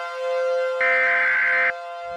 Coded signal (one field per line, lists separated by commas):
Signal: Emergency Alert System (SAME) tones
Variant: header bursts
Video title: *VALID TONES* 10/20/19 North Dallas Tornado (EAS Compilation)